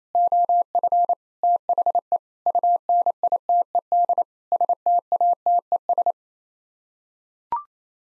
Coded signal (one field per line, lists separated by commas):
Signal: Morse code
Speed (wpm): 28 wpm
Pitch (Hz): 700 Hz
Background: none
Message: OF THE UNITED STATES